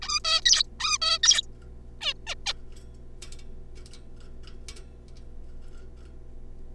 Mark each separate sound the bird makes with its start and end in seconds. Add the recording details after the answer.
0.02-0.19, 0.24-0.41, 0.45-0.63, 0.80-0.98, 1.02-1.18, 1.23-1.42, 2.01-2.13, 2.27-2.35, 2.46-2.53. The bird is a juvenile. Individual R3549